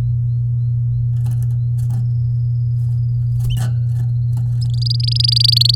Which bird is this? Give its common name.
Domestic Canary